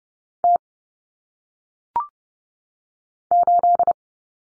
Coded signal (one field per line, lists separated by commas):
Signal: Morse code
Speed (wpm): 30 wpm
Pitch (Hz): 700 Hz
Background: none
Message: T 8